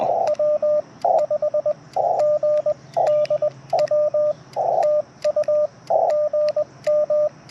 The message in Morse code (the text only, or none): W5GDW TU GM